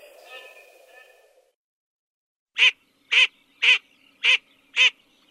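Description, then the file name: Garganey giving five short, nasal notes in a steady series about half a second apart, after a brief patch of other faint sound and a pause. Recorded in Uzbekistan. "Anas querquedula"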